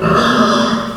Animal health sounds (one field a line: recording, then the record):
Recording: squeal of a Yucatan mini pig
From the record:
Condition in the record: after surgery on the right vocal fold (resection and tissue-engineered implant)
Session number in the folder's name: 15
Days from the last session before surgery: 175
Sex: female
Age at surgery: 19 weeks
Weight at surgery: 25 kg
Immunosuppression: prednisolone